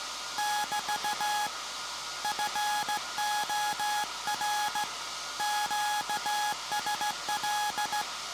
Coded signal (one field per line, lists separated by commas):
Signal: Morse code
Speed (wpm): 16 wpm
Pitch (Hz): 840 Hz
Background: none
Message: <BT> FOR QSL